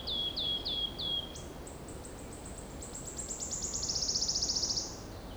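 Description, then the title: Wood Warbler song: a few descending whistled notes, then sharp ticks accelerating into a shivering trill, faint background rumble. Solo singer in a soundscape on leaving a cave near Alléves, France; light wind in the foliage and road noise. "Alléves, France - Pouillot siffleur"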